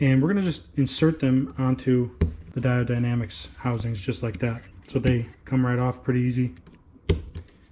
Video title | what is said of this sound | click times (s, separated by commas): [HOW TO] Install Diode Dynamics SS3 LED Fog Pods on a 2015+ Colorado/Canyon [LONG] | and they snap right into place so | 7.1 s